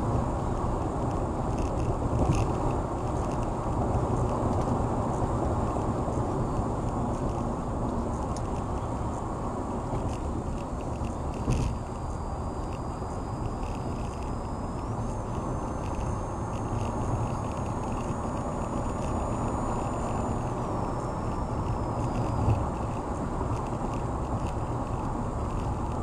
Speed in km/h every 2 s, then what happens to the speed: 108, 106, 103, 97, 89, 85, 90, 93, 100, 105, 109, 113, 111.
0-11 slows to 85. 11-19 speeds up to 109. 19-26 steady at about 111.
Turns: none.